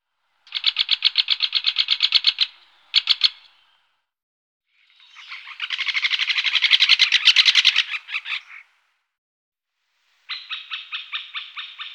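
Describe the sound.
Great spotted woodpecker giving chattering calls: dense bursts of rapid, buzzy high notes, a short pause, a long swelling burst, then a steadier fast chatter after silence.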